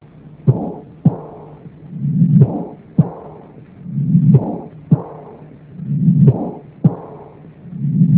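Sharp heart sounds with a low, rumbling swell that builds just before each loud beat, repeating in a regular cycle about every two seconds. This low-pitched late diastolic rumble is an Austin Flint murmur, heard with severe aortic regurgitation.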